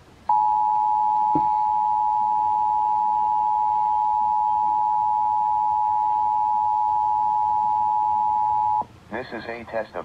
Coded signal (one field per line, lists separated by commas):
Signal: Emergency Alert System (SAME) tones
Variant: 853 and 960 Hz attention tone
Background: speech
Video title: Shasta's RMT (EAS #1963-1975)